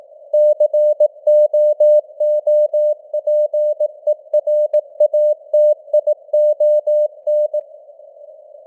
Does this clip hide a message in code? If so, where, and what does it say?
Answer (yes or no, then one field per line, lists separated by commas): yes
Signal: Morse code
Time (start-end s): 0.3-7.6 s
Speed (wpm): 18 wpm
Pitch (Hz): 600 Hz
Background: none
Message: COOPERATION